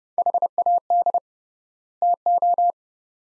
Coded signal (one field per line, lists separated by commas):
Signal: Morse code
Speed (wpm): 30 wpm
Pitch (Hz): 700 Hz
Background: none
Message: HAD TO